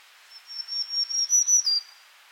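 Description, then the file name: Black-throated green warbler singing a high, buzzy phrase of several pulses that grow louder, finishing on a short downslurred buzz. "Setophaga virens - Black-throated Green Warbler"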